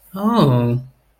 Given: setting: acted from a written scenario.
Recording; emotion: vocal sound without words; interest